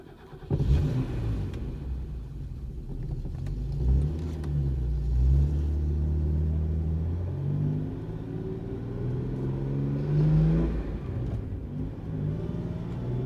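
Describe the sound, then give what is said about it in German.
A car engine rumbles low and revs repeatedly, its droning pitch sliding up and down in several surges over a steady growl, with no voices. “Peston reichte mir den Katalog, als er sich auf den Rücksitz von Buckys Wagen fallen ließ.”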